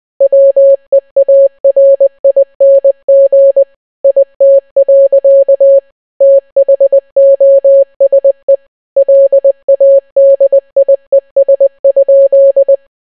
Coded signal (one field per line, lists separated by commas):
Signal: Morse code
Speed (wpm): 20 wpm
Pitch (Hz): 550 Hz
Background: none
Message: WEARING IT. THOSE LADIES?